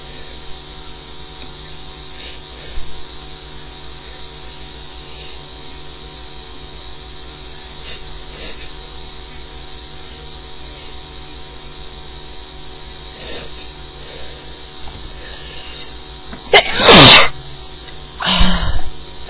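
Two sharp, explosive bursts, each with a brief build-up, come close together near the end after a long quiet stretch. They are an adult woman's sneezes. A steady electrical hum runs underneath throughout.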